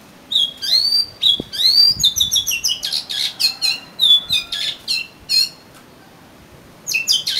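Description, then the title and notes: Oriental magpie-robin song, a rich continuous stream of rising whistles, buzzy chips and varied high notes, pausing briefly before resuming. "suara kacer. kumpulan suara burung kacer"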